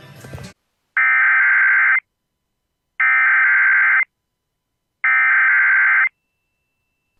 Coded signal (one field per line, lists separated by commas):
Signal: Emergency Alert System (SAME) tones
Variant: header bursts